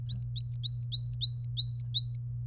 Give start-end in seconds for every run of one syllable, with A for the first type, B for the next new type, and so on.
0.09-2.16 A